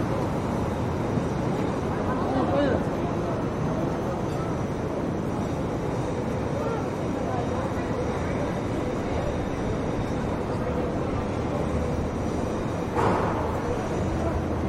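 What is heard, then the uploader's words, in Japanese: City noise around a busy downtown area: a dense, steady roar of traffic and crowd fills the whole stretch, heavy in the low range. Indistinct voices blend into the wash, and a brief brighter burst stands out near the thirteenth second. シドニー市内 Townhall の騒音。そのメインストリートのGeorge street にて行き交う人々を眺めながらゆっくり過ごします。忙しく行き来する人の声 TRAMの行き交う音 ランチをする女性の会話。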